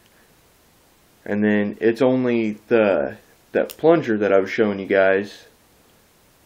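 A man talks while handling the metal firing-pin assembly and shroud of a Mauser Model 98/22 .22 rifle bolt body during reassembly; the part is held by a spring plunger detent. Only speech is heard over quiet background. The assembly is handled but not yet home, and nothing has seated or clicked yet.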